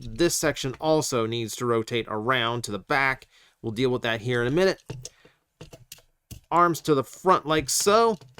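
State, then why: Not seated. Someone talks while handling a plastic transforming action figure, swinging its arms to the front, with a few short plastic taps and clicks around 5.6 to 6.3 seconds between the speech. The arm joint has not clicked into place or seated yet.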